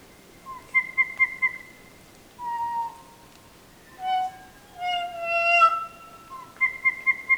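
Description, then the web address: Kokako song of long, flute-like held notes, a pulsed series at the start and end with a drawn-out rich tone in the middle. "sound kōkako. صدای-پرنده-کوکاکو"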